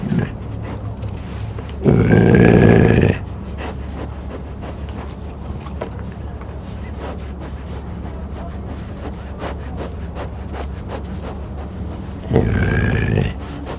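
Cougar uttering two short, rough calls with a rising tone, a long quiet stretch of low droning rumble between them.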